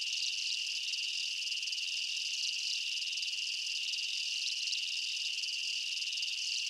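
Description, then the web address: Insects produce a steady, high-pitched chirping chorus, layered trills merging into a continuous ringing buzz. Insect chirps recorded as a night jungle ambience. "Blastwave INSECTS Amb Night Jungle. ambience insects chirps night jungle bugs"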